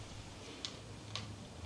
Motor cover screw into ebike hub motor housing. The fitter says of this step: I do tighten down with my interact driver on low pretty until it clicks twice so that